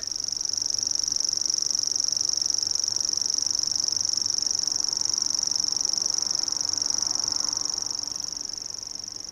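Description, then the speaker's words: Common Grasshopper Warbler reeling song: an unbroken, very high, insect-like mechanical trill held steadily throughout, easing slightly in loudness near the end. Night singer heard at a field edge on a warm, humid June evening; high-pitched reeling needs the ear tuned to the right frequency, and older people may miss it. "Sitten pensassirkkalintu aloittaa sirinänsä."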